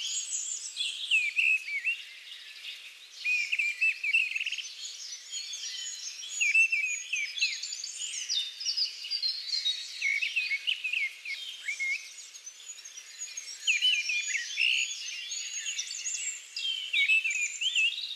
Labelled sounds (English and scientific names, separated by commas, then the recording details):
Mistle Thrush (Turdus viscivorus) song
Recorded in the wild
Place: Kandel /Schwarzwald; Waldkirch, Baden-Württemberg, DE
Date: 2000-06-02
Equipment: MiniDisc Sharp MT 20 H
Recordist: Schwarz, Dieter